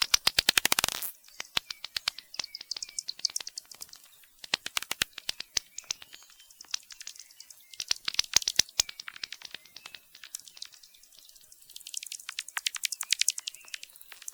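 Bat echolocation, sharp dry clicks in rapid irregular trains, with several dense bursts between thinner stretches.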